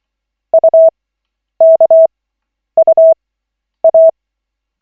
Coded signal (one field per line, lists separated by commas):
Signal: Morse code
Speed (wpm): 24 wpm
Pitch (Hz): 650 Hz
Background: none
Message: UKUA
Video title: Koch 7/40, 03.01.2025, 1st CW practice session